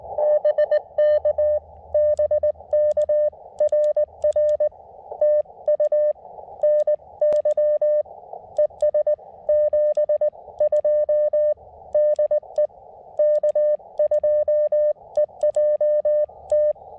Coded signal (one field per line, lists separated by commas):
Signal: Morse code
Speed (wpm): 20 wpm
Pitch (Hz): 600 Hz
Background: none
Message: BK BK RR TU NY ES 72 DE K2EJT